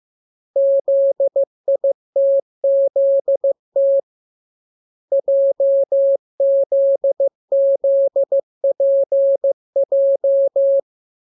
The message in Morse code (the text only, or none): ZITZT JZZPJ